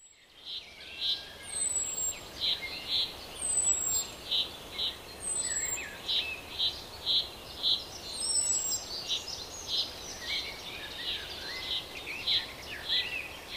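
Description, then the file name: Common chaffinch calls: short sharp notes repeated about twice a second, with thin high descending whistles and a constant background hiss. "Fringilla coelebs"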